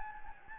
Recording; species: mosquito wingbeat signal from an infrared sensor; Anopheles gambiae